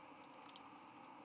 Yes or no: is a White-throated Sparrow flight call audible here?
no